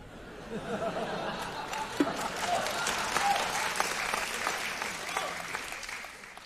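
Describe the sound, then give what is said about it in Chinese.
A live audience applauds steadily at a xiangsheng crosstalk performance of "Ba Shan Ping" by Hou Yaowen and Shi Fukuan, a dense wash of clapping that swells slightly in the middle and holds for several seconds, with a few scattered chuckles mixed in. “您听这个现场观众反馈多么的热闹啊！”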